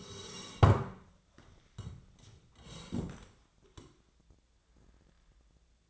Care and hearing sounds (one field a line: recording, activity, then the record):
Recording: daily activity, microphone in the room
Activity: sit down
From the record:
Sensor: 3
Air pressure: 1012.2 hPa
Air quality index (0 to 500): 173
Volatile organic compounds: 3 ppm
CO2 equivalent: 1330 ppm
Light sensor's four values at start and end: 104/217/112/125 and 72/167/79/85